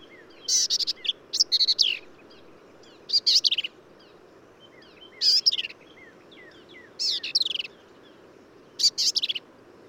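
Black-capped Vireo singing short, varied phrases of squeaky, scratchy and slurred notes, repeated roughly every one and a half to two seconds.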